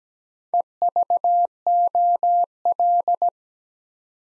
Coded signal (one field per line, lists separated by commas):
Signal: Morse code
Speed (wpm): 17 wpm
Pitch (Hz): 700 Hz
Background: none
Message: EVOL